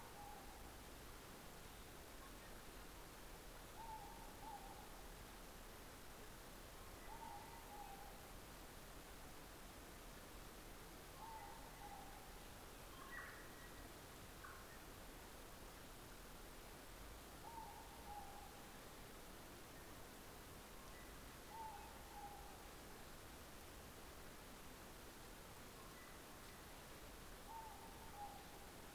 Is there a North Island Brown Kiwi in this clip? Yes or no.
no